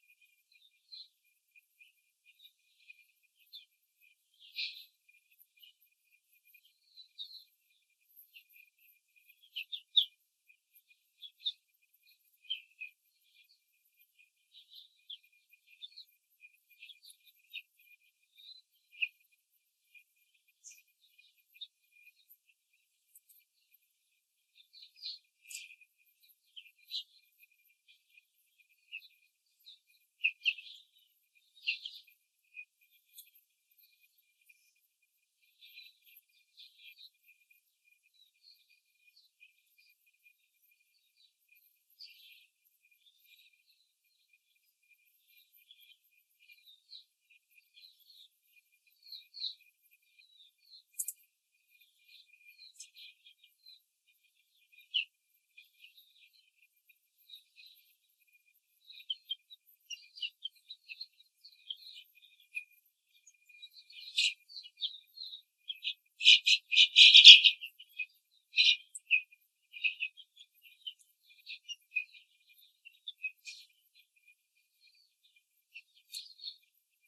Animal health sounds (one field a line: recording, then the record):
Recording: young laying hens in a cage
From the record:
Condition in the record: control cage, after the stress test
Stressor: none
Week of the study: 4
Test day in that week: 3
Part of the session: 1